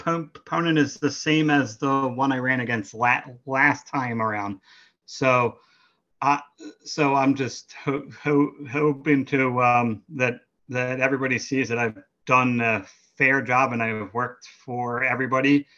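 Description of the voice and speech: A man speaks fairly fluently about running for re-election against the same opponent, but repeats a syllable three times ('ho-ho-hoping'), stretches some sounds and pauses with fillers before resuming. These part-word repetitions and prolongations are typical of developmental stuttering. He is an adult who stutters and serves as a ward commissioner for a township.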